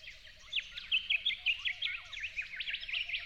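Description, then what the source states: Yellow-faced honeyeater singing a rapid chain of bright, up-and-down chirps after a short lull. At dawn, 08/01/12.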